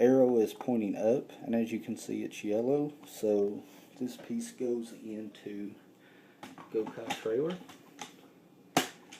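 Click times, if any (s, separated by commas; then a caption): 8.8 s. A plastic toy piece with a yellow arrow pointing up is pushed into the Gokai trailer compartment of a transforming toy vehicle while someone talks. A sharp click at 8.8 s marks the piece seating in place, followed by the door being closed.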